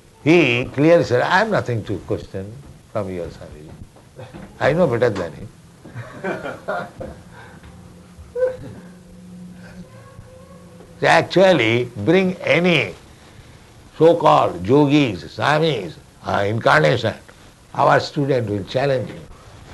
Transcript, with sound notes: He clearly said, "I have nothing to question from your Swāmījī. I know better than him." [laughter] So actually, bring any so-called yogīs, svāmīs or incarnation, our student will challenge him.